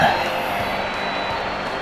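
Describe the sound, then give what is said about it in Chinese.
An audience at a Glory all-star weekend event claps steadily as two players are welcomed onto the stage, a dense, even wash of applause lasting a couple of seconds with murmuring voices mixed underneath. “掌声欢迎两位选手登场。”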